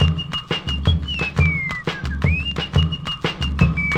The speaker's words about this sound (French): Ils ont déjà été sifflés maintes fois, mais aujourd'hui, c'est eux qui sifflent.